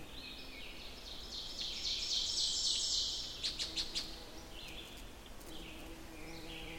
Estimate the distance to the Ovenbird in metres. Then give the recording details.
about 35 m. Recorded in boreal forest in Alberta, Canada, on 14 June 2016 at 05:23. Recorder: SongMeter 3, array SBT-3-33. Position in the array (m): 109 m, 34 m. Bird 21